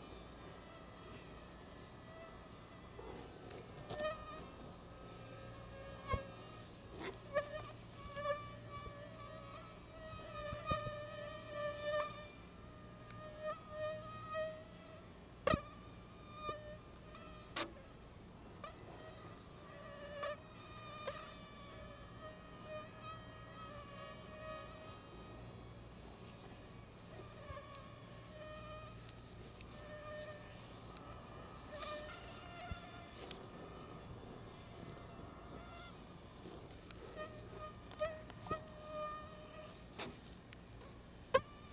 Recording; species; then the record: mosquito flight sound by mobile phone; Aedes albopictus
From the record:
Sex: female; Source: CDC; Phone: Google Nexus